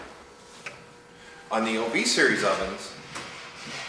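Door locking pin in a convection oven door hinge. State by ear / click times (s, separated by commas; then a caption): seated / 0.7 s. A door locking pin in the door hinge of a Cadco XAF series convection oven is pushed back into its upright position and seats with a single light, sharp snap at 0.7 s. Afterward, someone talks.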